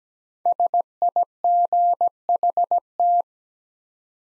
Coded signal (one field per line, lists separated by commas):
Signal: Morse code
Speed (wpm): 17 wpm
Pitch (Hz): 700 Hz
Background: none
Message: SIGHT